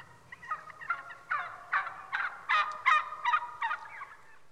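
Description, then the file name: Wild turkey gobbling, a rapid run of rattling, throaty notes at about three per second. "Digiffects Sound Effects Library - Wild Turkey"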